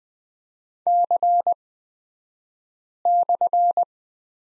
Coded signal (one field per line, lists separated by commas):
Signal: Morse code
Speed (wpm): 20 wpm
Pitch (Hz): 700 Hz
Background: none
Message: C/